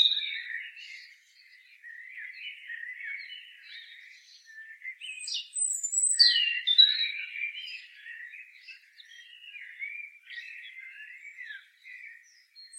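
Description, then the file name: European robin song: continuous soft, scratchy warbling with occasional sharp high whistles rising above it, lasting throughout. "Erithacus rubecula"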